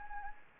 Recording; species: mosquito wingbeat signal from an infrared sensor; Anopheles arabiensis